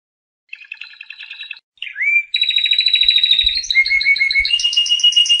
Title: Suara Kenari Gacor Suara Kicau Burung Kenari Gacor Juara 1